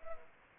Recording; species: mosquito wingbeat signal from an infrared sensor; Anopheles arabiensis